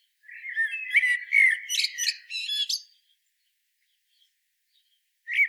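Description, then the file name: Common blackbird song: a fluted warble running into a burst of high squeaky twittering that ends the phrase, then silence and a short final note. "Turdus merula"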